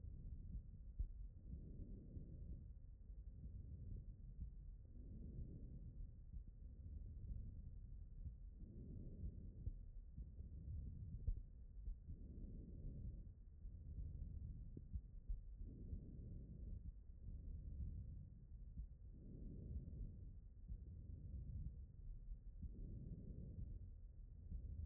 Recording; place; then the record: heart sounds by stethoscope; aortic valve (AV)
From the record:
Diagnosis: non-HFrEF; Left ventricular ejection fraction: 61%